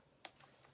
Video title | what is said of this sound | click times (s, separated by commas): Mavic Pro First Impressions! - Evie Lewis | the top lock into place on the bottom they | 0.2 s